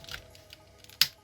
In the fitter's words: Yeah, there, until it clicks.